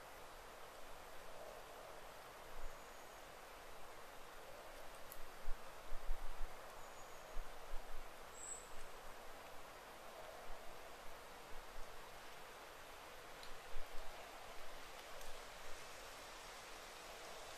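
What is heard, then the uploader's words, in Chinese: A very quiet deep wild thicket holds a steady soft hiss, with a few faint, brief high bird chirps and occasional low rumbling puffs. 林薮呖呖·极静深野。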